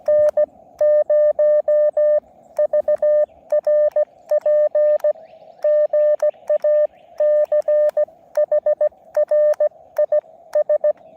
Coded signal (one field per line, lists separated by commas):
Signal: Morse code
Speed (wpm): 17 wpm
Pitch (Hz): 590 Hz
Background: none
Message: N0VRP GA CHRIS